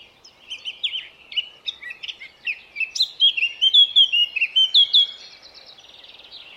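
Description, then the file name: Eurasian blackcap song opening with soft scratchy notes and building into a loud series of clear, fluting whistles before fading out. "Sylvia atricapilla"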